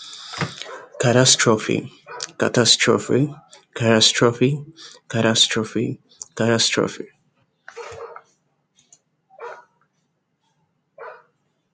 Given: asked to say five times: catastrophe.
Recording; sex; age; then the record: repeated word; male; 20 to 29 years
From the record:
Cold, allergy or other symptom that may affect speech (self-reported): no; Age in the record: 26 years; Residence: Ohio, United States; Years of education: 18